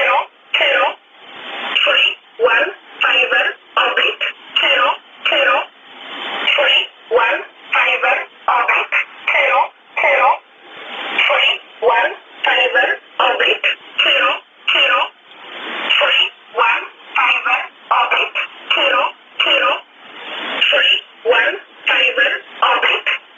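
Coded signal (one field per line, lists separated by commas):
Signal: numbers station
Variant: E11 Oblique, English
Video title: 29 12 2018 E11 Oblique Numbers station in English to Eu 0805 on 7377 unknown tx site in USB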